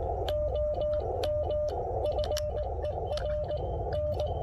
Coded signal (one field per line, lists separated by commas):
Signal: Morse code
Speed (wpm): 19 wpm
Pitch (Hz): 590 Hz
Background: none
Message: OM FER N